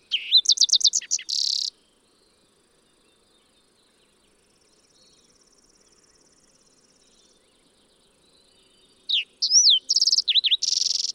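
Fox sparrow sings two phrases separated by about seven seconds of near silence with a faint high buzz; each phrase combines trilled notes, whistled slurs and a buzzy ending.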